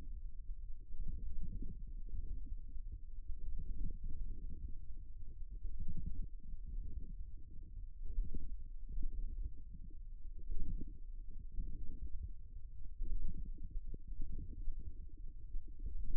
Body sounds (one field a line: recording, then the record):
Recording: forearm muscle sounds (acoustic myography)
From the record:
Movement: wrist flexion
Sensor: system 1, eight BSWA MPA416 microphones around the upper forearm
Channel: 8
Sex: male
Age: 54 years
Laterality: right